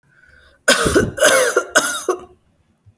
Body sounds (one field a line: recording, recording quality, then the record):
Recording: shallow voluntary cough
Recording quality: excellent, no background noise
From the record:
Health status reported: healthy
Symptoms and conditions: cough, diabetes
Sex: female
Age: 38 years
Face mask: not worn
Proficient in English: yes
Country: India